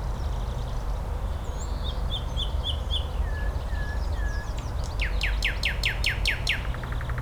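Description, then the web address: Nightingale song with a row of short whistled notes, then slower slurred notes, then a rapid series of loud, sharp strokes and a quick trill, against a low background hum. "slowik spiew slowika"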